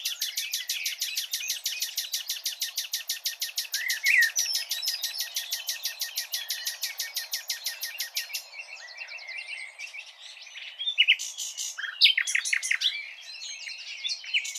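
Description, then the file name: Common nightingale song: a long run of rapid, loud repeated notes for about eight seconds, then quieter, varied twittering phrases with sharp bursts near the end. "Luscinia megarhynchos"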